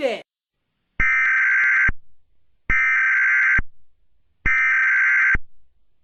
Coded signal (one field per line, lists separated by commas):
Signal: Emergency Alert System (SAME) tones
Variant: header bursts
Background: speech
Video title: From the GoldenboyEAS Archives: EAS Scenario- War of the Century In Mobius City (Part II)